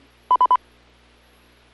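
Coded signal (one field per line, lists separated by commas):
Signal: none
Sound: repeater courtesy tone beeps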